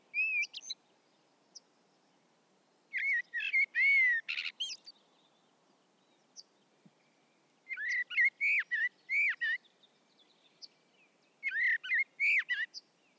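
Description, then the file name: Common blackbird song in several separate phrases of fluty warbling tipped with high, scratchy twittering, a few faint chirps between phrases. "Turdus merula"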